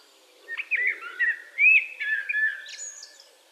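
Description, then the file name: Eurasian blackbird song, a continuous run of fluty, slurred whistles rising and falling, finishing with thin high squeaky notes. "Turdus merula"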